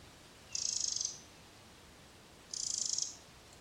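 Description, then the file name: Eurasian wren making two buzzy, pulsed rattles two seconds apart, each lasting about half a second, against faint hiss. "Troglodytes troglodytes"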